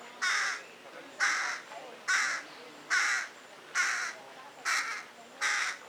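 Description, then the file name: Carrion crow giving harsh, rasping caws, seven in a row at roughly one-second intervals, each note short and grating. "Corvus corone"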